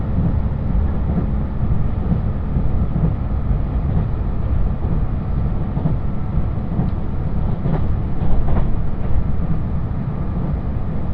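Inside a diesel limited express on the Yosan Line, a steady low engine rumble fills the ride, with faint rattles and brief clicks near eight seconds.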